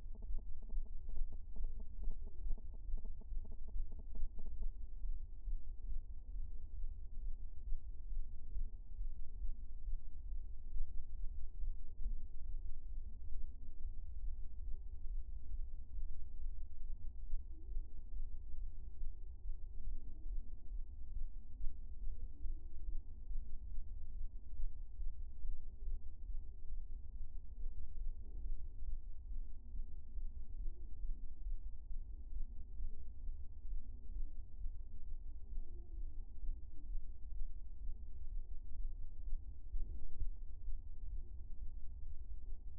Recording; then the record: fetal heart sounds by stethoscope on the mother's abdomen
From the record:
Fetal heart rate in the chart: 132 bpm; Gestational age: 34 weeks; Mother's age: 22 years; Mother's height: 150 cm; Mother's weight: 62 kg